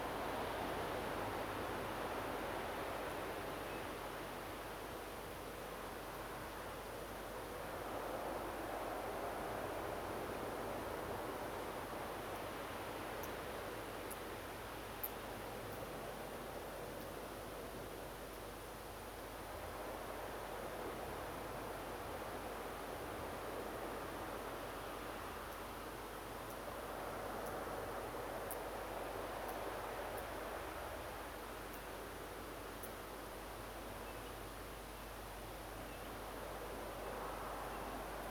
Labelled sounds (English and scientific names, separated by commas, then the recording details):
Common Ringed Plover (Charadrius hiaticula)
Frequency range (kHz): Common Ringed Plover (Charadrius hiaticula) 2.4-3.2 kHz
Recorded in France